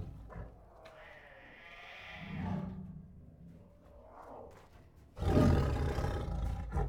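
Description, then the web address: Tiger growls: low rumbling and a breathy moan early on, then a loud, harsh roar bursting in near the end. Restless tiger growling, huffing, moaning and roaring. "Sound Ideas Tigers. Restless with Growls, Huffs, Moans and Roars"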